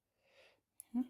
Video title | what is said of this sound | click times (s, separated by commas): How to thread a Singer 20U Sewing machine | this locks the Bob into the bobbing case okay | 0.8 s